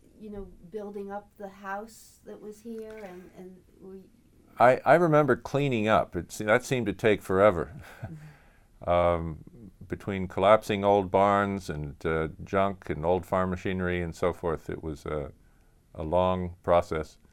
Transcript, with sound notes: you know, building up the house that was here and — and were —
I — I remember cleaning up. It — that seemed to take forever. [chuckles] Between collapsing old barns and junk and old farm machinery and so forth, it was a — a long process.